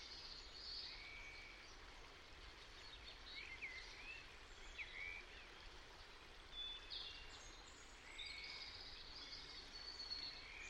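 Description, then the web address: European robin song: high, thin warbling phrases with quick rising and falling whistles, given in bursts separated by short pauses, against constant background hiss. "Deverinetal 2025 File origin Bird Only Er Ru"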